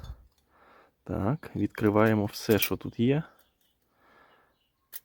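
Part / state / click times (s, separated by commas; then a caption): folding support leg latching open on a camping gas stove / seated / 5.0 s. Someone talks while unfolding the remaining support legs of a Fire Maple Trident camping gas burner, made for a collet-mount gas canister. Quiet handling rustles follow, then a short, sharp click at 5.0 s as a folding leg latches and locks in the open position.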